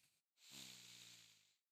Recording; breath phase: one breath near a microphone; inhalation